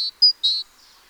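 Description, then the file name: Great tit giving a brief high thin note between two lower, fuller notes in a quick, clipped phrase. "Parus major"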